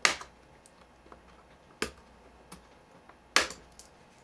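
A flathead screwdriver pries along one side of a Herotab MID816 tablet (Samsung S5PV210), popping the remaining plastic back-cover snap tabs loose from the frame one after another. Three sharp snaps ring out at 0.1, 1.8 and 3.4 seconds, with fainter ticks in between, and the tabs on that side are released.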